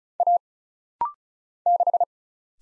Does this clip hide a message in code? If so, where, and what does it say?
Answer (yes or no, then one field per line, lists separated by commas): yes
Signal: Morse code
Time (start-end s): 0.2-2.0 s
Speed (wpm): 36 wpm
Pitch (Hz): 700 Hz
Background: none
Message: A 6